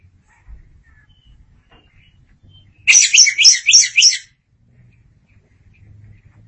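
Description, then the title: Oriental magpie-robin song, one quick phrase of rhythmic rising and falling whistled notes. "Suara Kicauan Burung Kacer Durasi Panjang"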